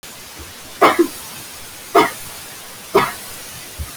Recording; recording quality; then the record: heavy voluntary cough; moderate, slight background noise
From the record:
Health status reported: healthy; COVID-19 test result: not tested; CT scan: not taken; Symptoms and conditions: none ticked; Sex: female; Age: 23 years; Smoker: no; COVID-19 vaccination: none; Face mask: worn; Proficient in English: yes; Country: India